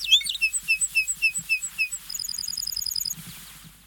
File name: larkbunting